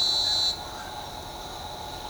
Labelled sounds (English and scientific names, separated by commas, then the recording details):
none
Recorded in shrubland near Pivijay, Magdalena, Colombia, on 16 April 2023 at 09:00
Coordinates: 10.453, -74.365
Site P5-G022